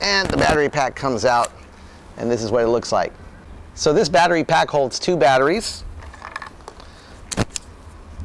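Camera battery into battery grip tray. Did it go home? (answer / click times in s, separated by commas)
yes / 7.6 s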